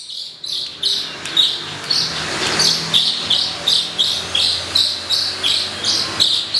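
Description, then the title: Bird song of high, bright chirps repeated steadily, with a faint background hiss. "SUARA BURUNG"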